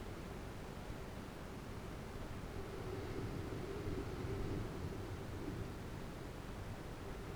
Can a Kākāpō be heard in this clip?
no